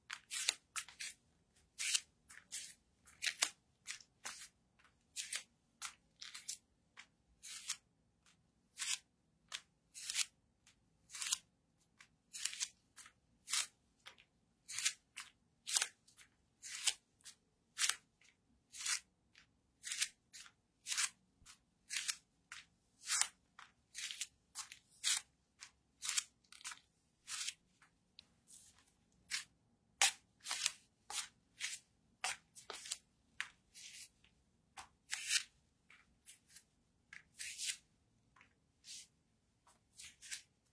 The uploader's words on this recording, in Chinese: 赤脚 裸足 足音 助眠 白噪音。